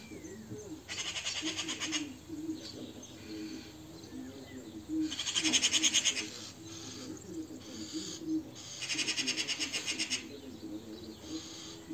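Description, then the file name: Eurasian magpie chattering in several rapid, rattling bursts with gaps between. Low cooing continues underneath. "Pica pica"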